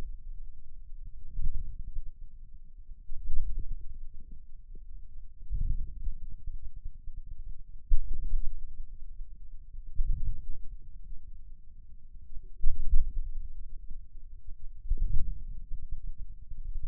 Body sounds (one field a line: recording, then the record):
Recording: forearm muscle sounds (acoustic myography)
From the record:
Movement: inward rotation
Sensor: system 2, bracelet of six BSWA MPA416 microphones around the upper forearm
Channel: 2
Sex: male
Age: 22 years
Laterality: right